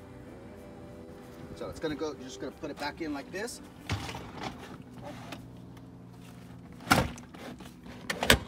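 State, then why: Seated. Someone talks while a removable plastic cassette toilet waste tank is slid back into its compartment in an RV, with sliding and bumping sounds and a louder knock near 6.9 seconds. It is pushed in until the latch catches with a sharp click at 8.3 seconds, and the tank is locked in place.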